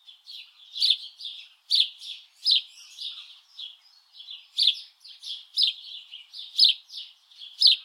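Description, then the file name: House Sparrow chirping, a run of bright, rough chirps repeated roughly once a second with softer chatter between louder notes. "Passer domesticus"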